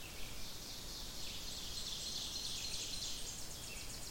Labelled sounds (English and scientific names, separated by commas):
Ovenbird (Seiurus aurocapilla) song